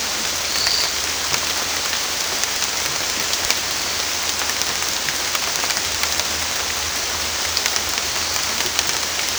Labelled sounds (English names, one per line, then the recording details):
none
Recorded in dense forest near Puerto Asís, Putumayo, Colombia, on 22 December 2024 at 18:00
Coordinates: 0.468, -76.322
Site G071